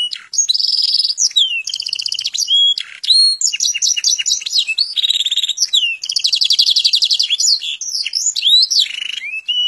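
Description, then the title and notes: Canary song in loud bursts of fast trills, whistled slurs and rattling rolls, changing phrase every second or so. Master canary song, described as solid (mantap). "Suara Burung Kenari Masteran. master suara burung kenari mantap"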